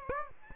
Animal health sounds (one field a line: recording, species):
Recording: mosquito wingbeat signal from an infrared sensor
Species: Aedes aegypti